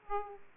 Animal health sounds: mosquito wingbeat signal from an infrared sensor; Aedes aegypti

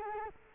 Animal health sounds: mosquito wingbeat signal from an infrared sensor; Culex quinquefasciatus

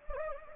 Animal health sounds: mosquito wingbeat signal from an infrared sensor; Anopheles gambiae

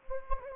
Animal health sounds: mosquito wingbeat signal from an infrared sensor; Anopheles gambiae

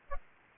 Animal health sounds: mosquito wingbeat signal from an infrared sensor; Aedes aegypti

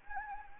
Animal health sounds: mosquito wingbeat signal from an infrared sensor; Anopheles gambiae

